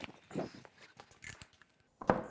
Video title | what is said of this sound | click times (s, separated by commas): Transforming Ladder's That Save Space | it on top of that as you can see it's locked into place | 2.1 s